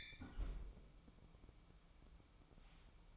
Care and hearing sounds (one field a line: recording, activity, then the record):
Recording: daily activity, microphone in the room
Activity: close fridge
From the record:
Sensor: 1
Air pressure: 1007.9 hPa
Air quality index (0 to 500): 101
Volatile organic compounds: 1 ppm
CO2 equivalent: 861 ppm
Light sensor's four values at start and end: 12/29/12/13 and 12/29/12/13